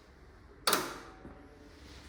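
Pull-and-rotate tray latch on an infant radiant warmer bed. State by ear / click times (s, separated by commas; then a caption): seated / 0.7 s. A pull-and-rotate tray latch on the back of an infant radiant warmer bed's X-ray tray, pulled out and swiveled to the side, is straightened back so it locks automatically. A sharp click at 0.7 s marks the latch seating, followed by a brief decay and a faint knock around 1.25 s. The tilt tray latch locks when straightened.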